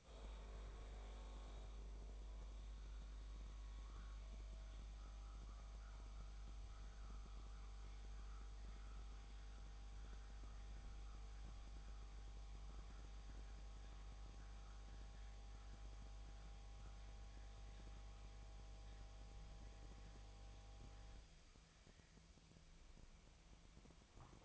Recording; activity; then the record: daily activity, microphone in the room; make coffee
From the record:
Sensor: 1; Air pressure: 1000.3 hPa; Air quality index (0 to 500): 152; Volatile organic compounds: 3 ppm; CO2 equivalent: 1422 ppm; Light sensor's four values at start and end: 30/76/32/39 and 31/76/32/39